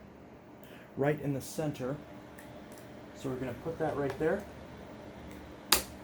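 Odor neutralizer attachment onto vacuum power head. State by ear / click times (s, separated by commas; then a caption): seated / 5.7 s. Someone talks while lining up an odor-neutralizing attachment on the turquoise triangle of a Shark Stratos corded upright vacuum (AZ300x) power head and pushing it in. A sharp click at 5.7 s shows that the attachment has seated, before it is twisted.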